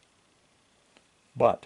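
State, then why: Not seated. The hammer of a Pietta 1860 and 1851 part kit revolver is drawn back to full cock with a newly fitted trigger, but the trigger's sear does not catch the notch on the hammer, so nothing has clicked or locked. Only a faint short tick is heard near 1.0 s in the quiet, and then someone talks briefly at the end.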